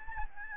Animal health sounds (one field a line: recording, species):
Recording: mosquito wingbeat signal from an infrared sensor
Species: Aedes albopictus